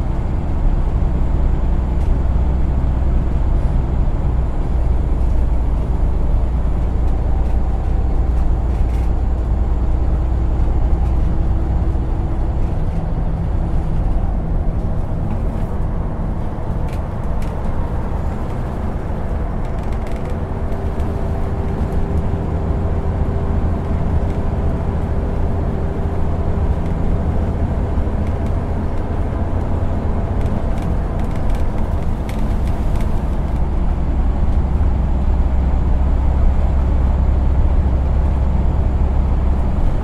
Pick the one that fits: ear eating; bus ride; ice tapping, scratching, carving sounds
bus ride